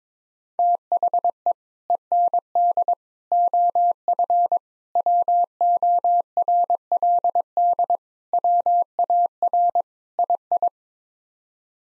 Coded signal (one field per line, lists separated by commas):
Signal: Morse code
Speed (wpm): 22 wpm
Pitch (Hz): 700 Hz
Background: none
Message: THE END OF WORLD WAR II